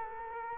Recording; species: mosquito wingbeat signal from an infrared sensor; Culex quinquefasciatus